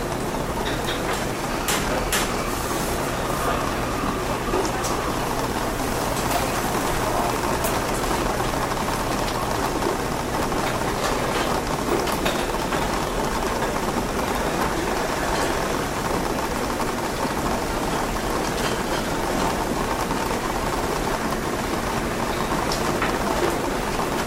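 Steady rain and a low indoor rumble fill a coffee shop, with a dense constant wash and faint scattered clinks and taps throughout.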